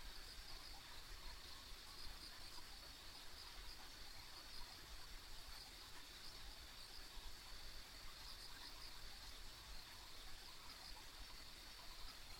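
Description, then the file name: Insect chorus, a constant high-pitched trilling band with a soft low rumble underneath throughout. Ambient insect sounds recorded on a country road. "田舎道の虫の環境音"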